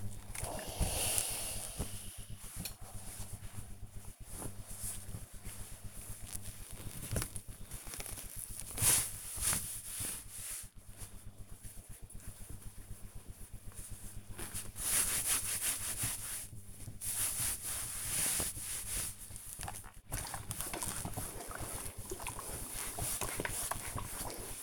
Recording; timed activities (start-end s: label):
household activities, microphone on the right wrist
0.00-24.63 s: ironing laundry